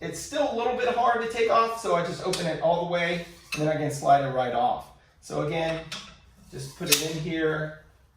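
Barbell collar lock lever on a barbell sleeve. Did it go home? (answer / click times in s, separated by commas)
no / none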